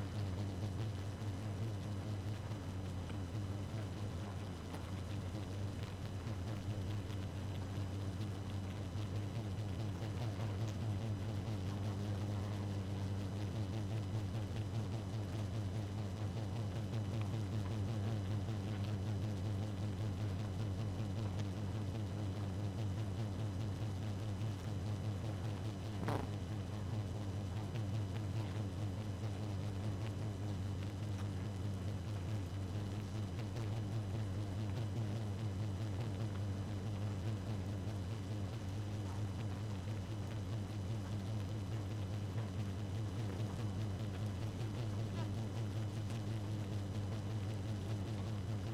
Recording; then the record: honeybee colony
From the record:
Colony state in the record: active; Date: 12 June 2018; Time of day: 0:47